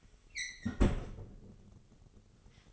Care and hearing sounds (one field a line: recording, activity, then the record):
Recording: daily activity, microphone in the room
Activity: close fridge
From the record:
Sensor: 4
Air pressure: 996.0 hPa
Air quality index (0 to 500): 65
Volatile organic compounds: 2 ppm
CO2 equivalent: 1178 ppm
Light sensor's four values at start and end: 15/41/15/17 and 15/41/16/17